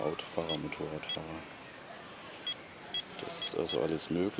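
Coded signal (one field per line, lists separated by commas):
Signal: none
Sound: a device's short beeps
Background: speech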